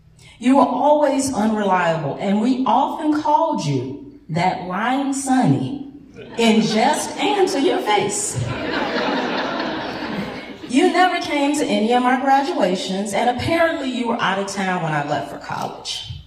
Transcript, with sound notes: You were always unreliable and we often called you “that lying Sonny” in jest, and to your face [laughter] You never came to any of our graduations and apparently you were out of town when I left for college.